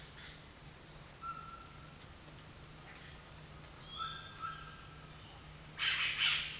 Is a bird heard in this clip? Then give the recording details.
yes. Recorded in dense forest near Puerto Asís, Putumayo, Colombia, on 23 June 2025 at 08:00. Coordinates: 0.468, -76.322. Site GP03